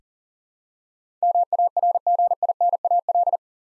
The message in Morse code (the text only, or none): MARGINAL